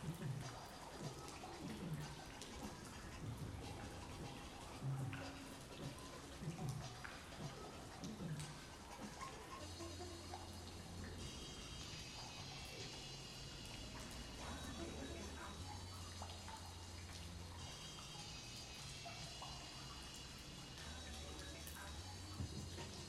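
Under a bridge on the Regent's Canal, a dense, steady wash of water and echoing noise runs throughout, with voices mixed in. Music with a low, pulsing bass line comes in from around ten seconds and continues to the end, beneath scattered clicks.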